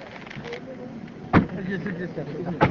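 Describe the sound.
A car door shuts twice with sharp, heavy thuds about a second apart, over a steady low hum and faint murmuring voices.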